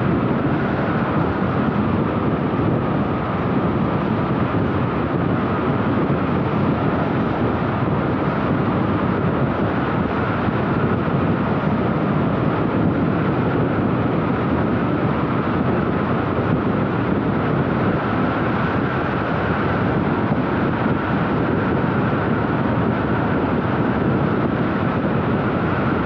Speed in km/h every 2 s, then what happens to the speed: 92, 93, 94, 94, 95, 95, 96, 98, 99, 100, 100, 101, 101.
0-26 steady at about 96.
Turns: none.